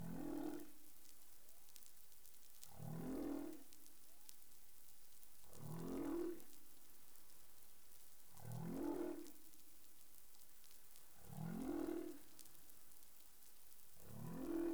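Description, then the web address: Humpback whale calls in a steady series of six low, groaning units roughly every three seconds, with faint background hiss. Recorded in the Caribbean on 20 April 2021 at 03:50 UTC. "CARIMAM clean data humpback whale"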